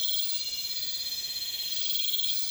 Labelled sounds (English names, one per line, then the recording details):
none
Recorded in pastures near Puerto Asís, Putumayo, Colombia, on 26 December 2024 at 01:30
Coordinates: 0.472, -76.329
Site G072